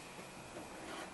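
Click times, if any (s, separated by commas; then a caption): none. A new headlight bulb for a 2010 Kia Rondo is handled as it is pushed toward its socket in the headlight housing. Only steady, broadband noise is heard, with no sharp sounds. Nothing has seated or clicked yet.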